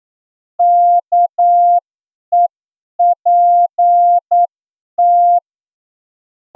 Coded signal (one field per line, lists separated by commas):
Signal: Morse code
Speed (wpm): 9 wpm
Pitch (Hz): 700 Hz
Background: none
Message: KEPT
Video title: Are you ready for Morse code receiving Examination? (Special Edition) – ASOC Tutorials India